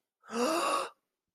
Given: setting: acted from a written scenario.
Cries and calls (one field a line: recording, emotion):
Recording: vocal sound without words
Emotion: amusement